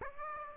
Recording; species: mosquito wingbeat signal from an infrared sensor; Aedes aegypti